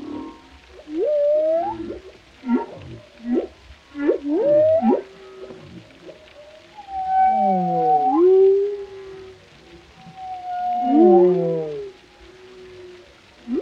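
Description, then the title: Whale calls: a burst of short rising chirps and pulses, followed by longer swooping, falling moans. Whale vocalizations including moans, resonant calls and songs, for relaxation. "Soothing Symphony of the Deep: Captivating Whale Sounds for Relaxation"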